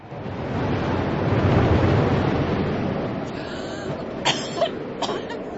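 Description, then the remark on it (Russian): A strong, roaring rush of wind that stirs up a great deal of dust swells to a peak and slowly eases off, followed by a few short, sharp gusting bursts near the end. “Откуда налетел этот ужасный ветер? О, сколько пыли!”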